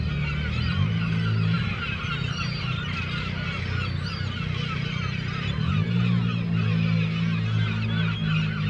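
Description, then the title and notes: Gulls calling in overlapping bursts of harsh cries over loud motorcycle engines. Seagulls at a harbour quay in Le Tréport, France, mixed with passing motorcycles; recorded with DPA 4060 microphones in AB position into a Zoom F3. "3 Quai des Paquebots, 76470 Le Tréport, France - Seagulls and motorcycles. Mouettes et motos"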